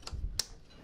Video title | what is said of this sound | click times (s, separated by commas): Nissan X Trail T30 2.2 DCI Diesel 🚗 Fuel Filter Service, replaced and Dissected. Bosch & Blueprint | pop on our MAF sensor clip with a nice click | 0.4 s